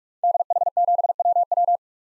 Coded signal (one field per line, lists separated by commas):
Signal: Morse code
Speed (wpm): 46 wpm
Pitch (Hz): 700 Hz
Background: none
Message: DH7WW